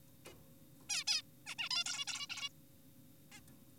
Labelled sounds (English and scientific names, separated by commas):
Zebra Finch (Taeniopygia guttata)